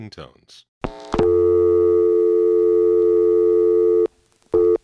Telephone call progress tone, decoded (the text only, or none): dial tone